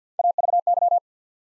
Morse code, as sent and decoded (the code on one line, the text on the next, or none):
.- ...- -.--
AVY